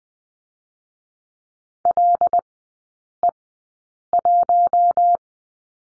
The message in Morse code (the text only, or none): LE1